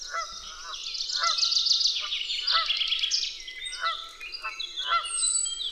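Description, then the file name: Canada goose gives a series of nasal, harmonic-rich honks while a songbird twitters rapidly throughout. At Dwingelderveld. "Canadese ganzen op Dwingelder Veld - Sound Cloud"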